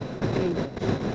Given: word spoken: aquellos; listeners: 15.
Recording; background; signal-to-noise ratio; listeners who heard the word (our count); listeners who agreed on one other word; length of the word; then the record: one Spanish word in noise, from a listening test; noise modulated by three-talker babble; -5.7 dB; 0 of 15; 9 of 15; 0.75 s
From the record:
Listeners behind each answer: 9, 1, 1, 1, 1, 1, 1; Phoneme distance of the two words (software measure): 14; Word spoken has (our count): 3 syllables, 6 phonemes, stress on syllable 2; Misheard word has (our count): 2 syllables, 4 phonemes, stress on syllable 1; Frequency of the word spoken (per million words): 176.81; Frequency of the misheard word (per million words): 554.77